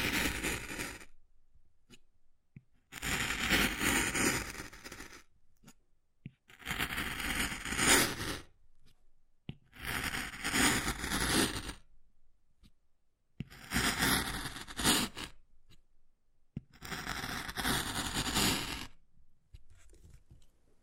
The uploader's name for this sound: Wood Carving, Tapping and Scratching Sounds